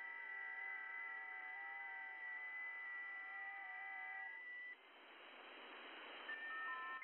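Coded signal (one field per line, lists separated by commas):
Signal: FT8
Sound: several overlapping steady warbling tones in hiss that stop together, leaving static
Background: radio static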